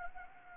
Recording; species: mosquito wingbeat signal from an infrared sensor; Anopheles gambiae